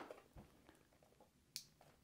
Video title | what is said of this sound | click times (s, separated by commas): Become a K Swap Expert! K Swap Auto to Manual Harness Conversion | locked in if | 1.6 s